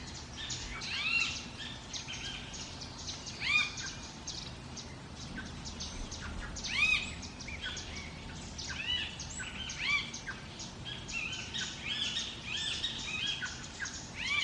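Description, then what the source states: Parrot calls, harsh arched squawks standing out every few seconds above a dense chorus of chirping jungle birds. Jungle ambience.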